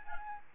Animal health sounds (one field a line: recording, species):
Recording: mosquito wingbeat signal from an infrared sensor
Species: Aedes albopictus